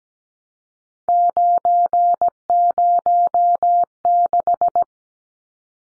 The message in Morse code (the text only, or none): 906